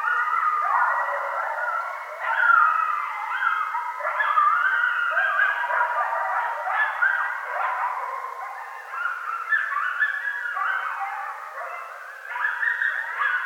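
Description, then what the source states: Coyotes howling and yipping together, a dense chorus of wavering, overlapping high yelps and quavering howls running continuously without a break. More than one coyote; recorded 2013-02-03.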